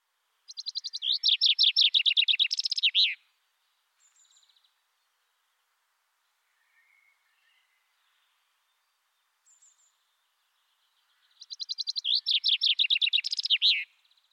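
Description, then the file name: Common chaffinch singing two descending phrases that end in a flourish, with a few faint high notes between. "Fringilla coelebs"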